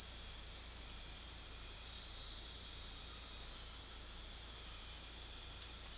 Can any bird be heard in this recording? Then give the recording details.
no. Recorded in dense forest near Puerto Asís, Putumayo, Colombia, on 13 March 2025 at 01:30. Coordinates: 0.503, -76.323. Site GP09